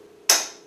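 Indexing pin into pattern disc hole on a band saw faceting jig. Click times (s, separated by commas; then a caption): 0.3 s. On a band saw faceting jig, the spring-loaded brass indexing pin is released and the pattern disc holding a wood block is rotated until the pin drops into the next index hole. A sharp, bright click at 0.3 s rings out with a metallic tail that fades over about a third of a second above a low steady hum. The pin seats and locks the disc in place.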